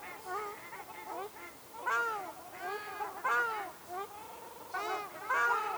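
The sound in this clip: Ruddy shelduck calls: nasal, arched honks in short bursts separated by brief quieter spells.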